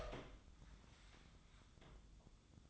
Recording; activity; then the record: daily activity, microphone in the room; open door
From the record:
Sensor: 3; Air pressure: 1004.8 hPa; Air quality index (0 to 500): 76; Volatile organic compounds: 2 ppm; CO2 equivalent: 1138 ppm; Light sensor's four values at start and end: 8/19/8/7 and 8/19/8/7